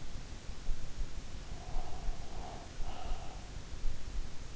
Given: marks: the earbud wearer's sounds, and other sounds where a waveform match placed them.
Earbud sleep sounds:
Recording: sounds in sleep by an in-ear microphone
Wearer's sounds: breath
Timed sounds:
1.55-3.29 s: breath

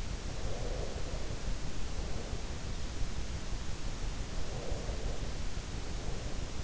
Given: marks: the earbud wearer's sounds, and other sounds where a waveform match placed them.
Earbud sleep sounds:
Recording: sounds in sleep by an in-ear microphone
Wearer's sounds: breath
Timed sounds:
0.08-2.76 s: breath
4.25-6.64 s: breath

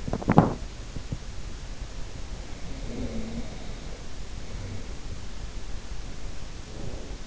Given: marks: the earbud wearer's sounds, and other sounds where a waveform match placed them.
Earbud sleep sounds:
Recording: sounds in sleep by an in-ear microphone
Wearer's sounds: teeth grinding, breath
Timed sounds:
0.00-0.97 s: teeth grinding
2.11-5.42 s: breath

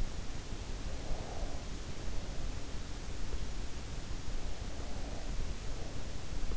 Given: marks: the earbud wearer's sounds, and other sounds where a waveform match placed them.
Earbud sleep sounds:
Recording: sounds in sleep by an in-ear microphone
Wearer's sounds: breath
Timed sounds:
0.66-1.96 s: breath

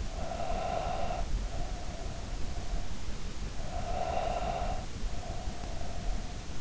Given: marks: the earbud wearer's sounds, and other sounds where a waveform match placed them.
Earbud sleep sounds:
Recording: sounds in sleep by an in-ear microphone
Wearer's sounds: breath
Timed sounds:
0.18-2.92 s: breath
3.33-6.53 s: breath

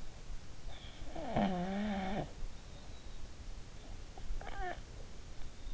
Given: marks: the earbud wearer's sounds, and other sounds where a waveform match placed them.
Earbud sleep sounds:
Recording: sounds in sleep by an in-ear microphone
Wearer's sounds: snoring breath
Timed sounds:
0.63-2.55 s: snoring breath
3.80-5.25 s: snoring breath

